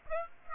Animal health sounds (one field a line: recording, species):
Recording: mosquito wingbeat signal from an infrared sensor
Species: Aedes aegypti